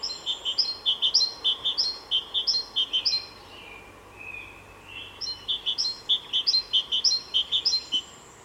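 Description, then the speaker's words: Great Tit song: fast repeated bright two-note phrases, several per burst, in two bursts separated by a brief softer thin call, with faint background noise. Recorded in France; described as a rollicking song. "Here's the rollicking song of a great tit."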